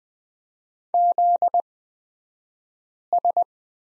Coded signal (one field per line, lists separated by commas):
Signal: Morse code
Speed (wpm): 20 wpm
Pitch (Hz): 700 Hz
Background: none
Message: ZS